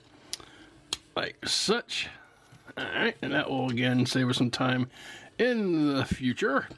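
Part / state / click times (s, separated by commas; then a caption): windshield panel into the body of a plastic transforming toy figure / seated / 0.3 s, 0.9 s. The windshield panel on a plastic Transformers War for Cybertron: Kingdom Tracks transforming robot figure is adjusted so it comes out and clicks into place in the toy's body. Two sharp plastic clicks are heard at 0.3 s and 0.9 s, and the windshield is seated. Afterward, someone talks.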